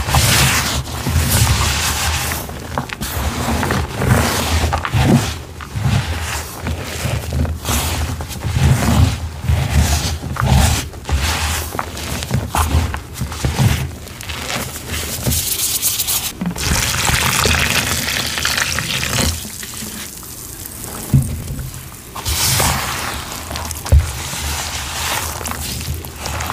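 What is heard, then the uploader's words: Hands work through powdery cornstarch, producing a dense run of soft crunches and squeaky presses, quickest and sharpest in the first fifteen seconds. Later, a steady hissing sizzle takes over around twenty seconds, broken by a few crisp crunches near the end. Making Citric Acid Dyed Chalk & Cornstarch Crunchies. Pouring, powder play, cornstarch squeaks, citric acid sizzles, and more enticing asmr sounds.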